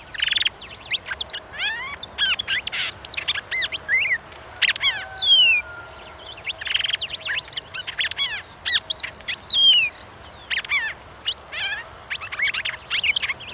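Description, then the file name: Red-crested cardinal singing, a jumble of bright slurred whistles, short chips and rasping buzzes in dense bursts with brief pauses between phrases. "suara angry bird red crested cardinal jeremy minns"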